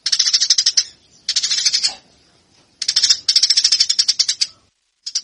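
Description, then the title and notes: Eurasian tree sparrow calling in quick, rattling bursts of high chirps, several phrases broken by short pauses. Fighting-style (tarung) song, used as a master for training birds. "MASTER GEREJA TARUNG 1. burung gereja"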